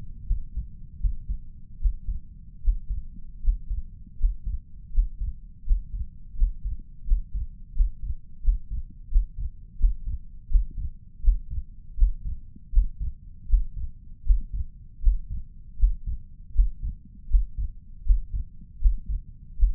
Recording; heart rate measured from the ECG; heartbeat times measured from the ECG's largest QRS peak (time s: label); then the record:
heart sounds by stethoscope; 81 bpm
0.26 s: heartbeat
0.99 s: heartbeat
1.80 s: heartbeat
2.62 s: heartbeat
3.42 s: heartbeat
4.17 s: heartbeat
4.91 s: heartbeat
5.64 s: heartbeat
6.35 s: heartbeat
7.05 s: heartbeat
7.74 s: heartbeat
8.42 s: heartbeat
9.09 s: heartbeat
9.77 s: heartbeat
10.48 s: heartbeat
11.21 s: heartbeat
11.96 s: heartbeat
12.71 s: heartbeat
13.47 s: heartbeat
14.24 s: heartbeat
15.01 s: heartbeat
15.77 s: heartbeat
16.53 s: heartbeat
17.28 s: heartbeat
18.04 s: heartbeat
18.79 s: heartbeat
19.57 s: heartbeat
From the record:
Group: healthy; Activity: breath hold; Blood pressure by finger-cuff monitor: 170/117 mmHg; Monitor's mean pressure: 128 mmHg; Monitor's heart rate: 80 bpm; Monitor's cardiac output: 5 L/min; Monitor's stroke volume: 61 mL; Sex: male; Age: 35 years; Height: 178 cm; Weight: 64 kg